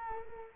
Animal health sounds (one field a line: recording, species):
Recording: mosquito wingbeat signal from an infrared sensor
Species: Culex quinquefasciatus